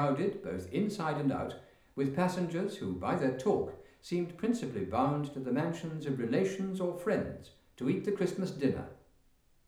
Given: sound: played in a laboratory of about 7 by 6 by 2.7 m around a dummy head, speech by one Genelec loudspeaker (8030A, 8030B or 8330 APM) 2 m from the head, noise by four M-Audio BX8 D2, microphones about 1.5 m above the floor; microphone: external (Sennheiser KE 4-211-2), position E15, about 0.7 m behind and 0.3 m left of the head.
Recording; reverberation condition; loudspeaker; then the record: male speech in English; medium; 150 degrees to the right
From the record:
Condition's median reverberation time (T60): about 510 ms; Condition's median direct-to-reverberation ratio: about -0.5 dB